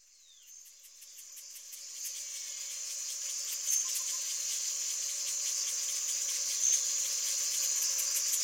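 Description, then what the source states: Cicada song, a steady high-pitched drone with fast pulsing on top, swelling gradually louder over several seconds. Cicadas in Amazonia.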